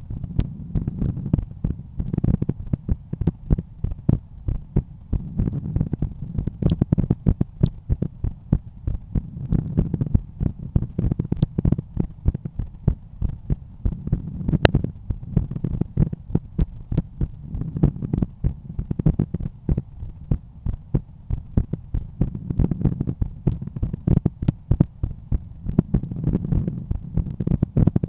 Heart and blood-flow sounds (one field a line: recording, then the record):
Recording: heart sounds by stethoscope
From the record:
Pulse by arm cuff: 89 bpm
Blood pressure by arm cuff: 141/91 mmHg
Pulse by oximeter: 91 bpm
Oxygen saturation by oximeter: 97%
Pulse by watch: 92 bpm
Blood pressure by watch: 126/80 mmHg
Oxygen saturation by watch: 97%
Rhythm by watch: sinus rhythm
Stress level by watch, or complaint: low stress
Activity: after 5 min smoking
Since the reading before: plus 4300 steps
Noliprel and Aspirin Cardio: no pills today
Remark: recalibration of the watch 3 / 3 measurements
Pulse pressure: 50 mmHg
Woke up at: 7:00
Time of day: 20:30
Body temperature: 36.4 C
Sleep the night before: 8 h 5 min, score 54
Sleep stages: REM 28%, light 57%, deep 5%, awake 10%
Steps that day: 9800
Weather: cloudy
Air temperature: 15.1 C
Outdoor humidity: 90%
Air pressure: 1014 hPa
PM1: 2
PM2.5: 5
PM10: 7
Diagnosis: hypertension, treated with Noliprel and Aspirin Cardio 100 mg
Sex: male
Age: 53 years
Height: 174 cm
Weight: 81 kg